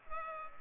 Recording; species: mosquito wingbeat signal from an infrared sensor; Culex pipiens